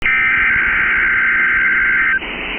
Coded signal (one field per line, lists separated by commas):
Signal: Emergency Alert System (SAME) tones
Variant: header bursts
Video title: Special Marine Warning (12/25/25) [EAS #333]